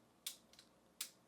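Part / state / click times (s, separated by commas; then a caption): plastic torso section rotating on the waist joint of a transforming toy figure / seated / 1.0 s. The plastic torso of a transforming robot toy figure is turned 180 degrees on its waist joint, giving a sharp click at 0.3 s and two faint ticks near 0.5 and 0.6 s. A final bright, sharp click at 1.0 s marks the torso seating into place.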